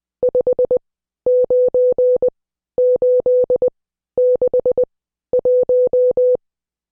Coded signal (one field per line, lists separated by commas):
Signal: Morse code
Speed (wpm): 20 wpm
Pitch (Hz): 500 Hz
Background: none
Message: 59861